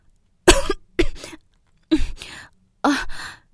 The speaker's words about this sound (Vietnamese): Vẫn đang ho từng tràng, kết quả của trận cười cố nén trong lúc uống cà phê.